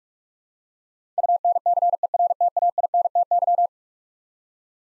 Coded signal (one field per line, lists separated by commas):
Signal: Morse code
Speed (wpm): 42 wpm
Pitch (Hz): 700 Hz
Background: none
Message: UNCERTAINTY